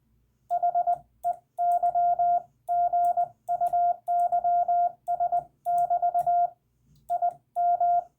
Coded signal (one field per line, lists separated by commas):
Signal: Morse code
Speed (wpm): 20 wpm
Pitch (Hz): 700 Hz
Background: radio noise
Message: HEY GUYS <BT> IM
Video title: Final (?) CW Lesson: Using the Hyphen in Rag-Chew CW